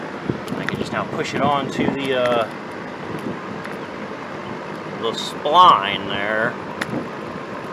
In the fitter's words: Clicks in place and that'll be it that's it it's in